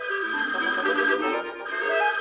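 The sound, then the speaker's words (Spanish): A telephone rings with a bright, steady electronic trill of stacked high tones, sounding continuously for about two seconds with a brief dip in the upper tones midway. “¡Ah, oh, teléfono! Ahora vuelvo.”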